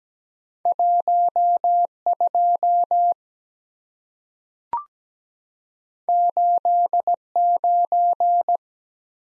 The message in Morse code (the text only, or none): 1 2 8 9